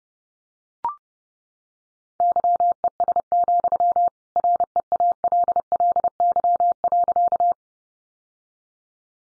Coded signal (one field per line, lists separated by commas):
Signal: Morse code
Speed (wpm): 30 wpm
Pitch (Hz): 700 Hz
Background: none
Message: YES, REALLY.